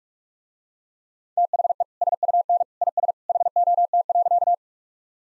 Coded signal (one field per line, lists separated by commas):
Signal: Morse code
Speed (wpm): 41 wpm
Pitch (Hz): 700 Hz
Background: none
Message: THE SUN IS HOT.